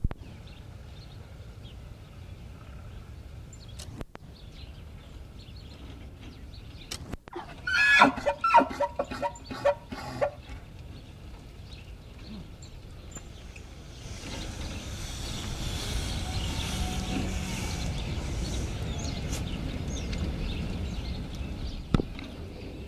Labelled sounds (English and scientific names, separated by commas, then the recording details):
Wapiti (Cervus canadensis)
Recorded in captivity
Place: Tierpark Berlin, Berlin, DE
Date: 1974-09-28
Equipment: Uher 4200 Report Stereo, Sennheiser MD 421, Verstärker
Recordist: Tembrock, Günter